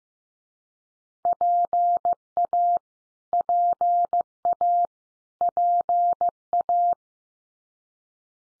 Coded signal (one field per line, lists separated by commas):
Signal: Morse code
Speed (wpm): 15 wpm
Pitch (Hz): 700 Hz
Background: none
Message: PA PA PA